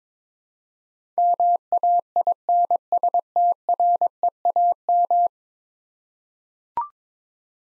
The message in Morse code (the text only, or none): MAINSTREAM